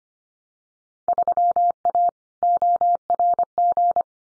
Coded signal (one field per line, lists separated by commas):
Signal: Morse code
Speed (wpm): 25 wpm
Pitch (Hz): 700 Hz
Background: none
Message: 3A ORG